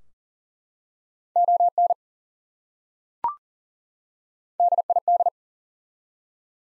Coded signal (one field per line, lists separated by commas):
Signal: Morse code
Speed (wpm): 40 wpm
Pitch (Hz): 700 Hz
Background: none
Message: ON DID